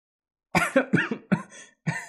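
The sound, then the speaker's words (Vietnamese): A teenage boy laughing loudly has a fit of harsh, raspy coughing, coughing up blood: four or five quick bursts in a row, then a short pause and one more cough. It is fairly loud and voiced, with no talking. “Ở bên ngoài âm phủ, một thiếu niên đang cười to, cũng ho ra máu, nhưng vẫn như cũ sáng lạng như vậy, máu rơi vãi mà phi phàm.”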